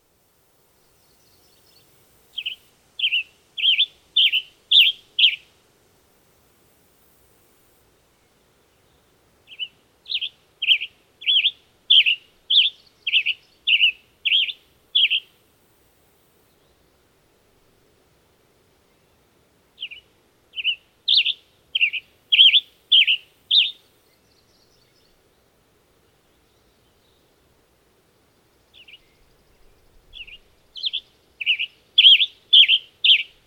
Western Tanager song recorded on the Bridal Veil Falls Trail in Rocky Mountain National Park.